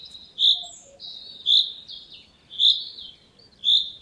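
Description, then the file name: Common chaffinch calls, a short sharp high note repeated about once a second, with faint twittering from other birds between notes. "Fringilla coelebs"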